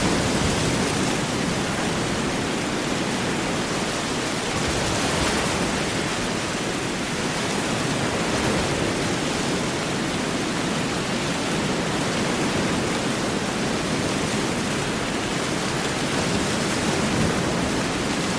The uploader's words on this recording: Heavy Rain & Big Ocean Waves | Rainstorm Sounds White Noise.